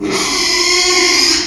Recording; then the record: squeal of a Yucatan mini pig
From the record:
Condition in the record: after surgery on the right vocal fold (resection and tissue-engineered implant); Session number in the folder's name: 2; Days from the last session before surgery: 13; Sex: male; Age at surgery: 12 weeks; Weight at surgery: 13 kg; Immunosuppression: cyclosporine, prednisolone